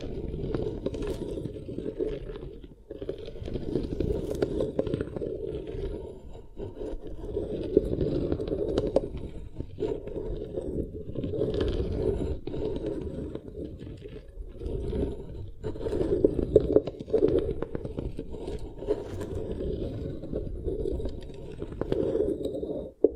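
Beeswax ear triggers: dense, muffled rubbing and squishing that stays mostly low and dull, with a few brighter crackles. The sound runs almost continuously for the whole clip, with brief drops in loudness near the third, tenth and fifteenth seconds.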